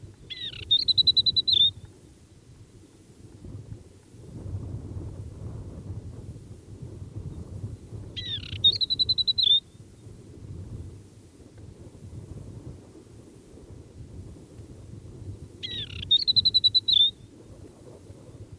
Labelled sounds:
Asian Desert Warbler song

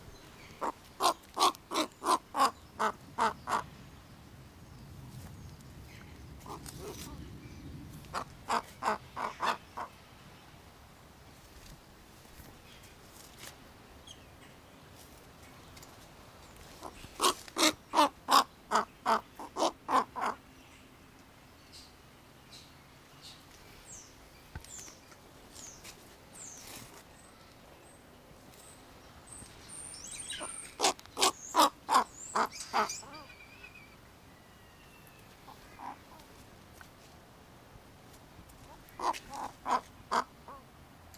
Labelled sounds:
Whistling Heron call

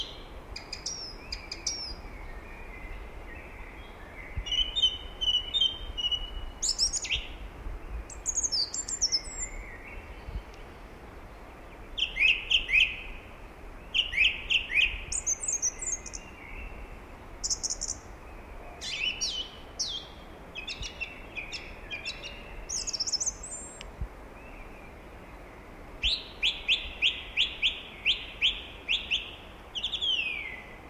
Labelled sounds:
Song Thrush song

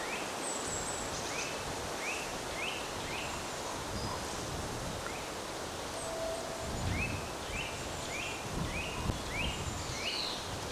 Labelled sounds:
Black Woodpecker

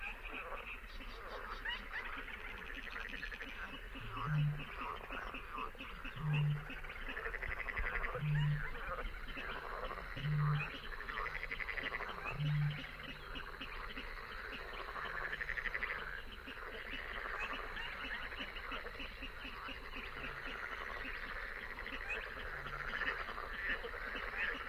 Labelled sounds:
Little Crake call

